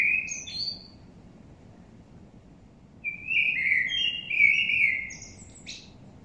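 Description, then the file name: Common blackbird song: a brief phrase fades out, followed after a pause by a longer, mellow warbled phrase with a high twittering end. "Turdus merula"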